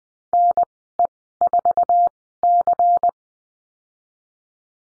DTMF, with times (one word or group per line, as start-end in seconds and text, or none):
none